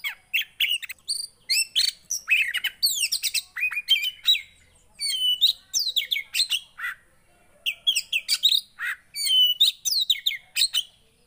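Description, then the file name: Oriental magpie-robin singing a varied, nearly continuous run of sweet whistles, sharp chirps and slurred notes with brief pauses between short phrases. Song of a magpie-robin played to provoke a caged bird, meant to make the listening bird instantly agitated. "Burung kacer anda langsung emosi dengar ini"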